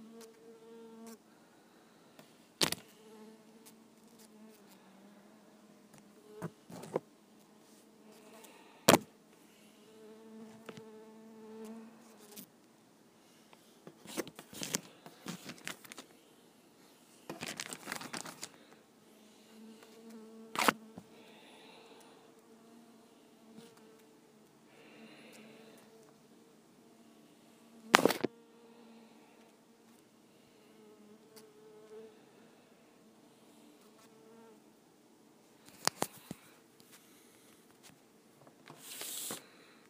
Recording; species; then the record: mosquito flight sound by mobile phone; Culiseta incidens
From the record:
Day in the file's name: 2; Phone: iPhone 5